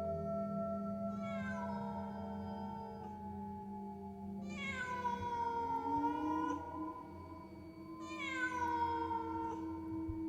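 A black cat by a pond, leaping aside to dodge a thrown pebble, lets out three long, drawn-out mournful meows, each wavering and sliding downward in pitch, with short pauses between them over a low steady background hum.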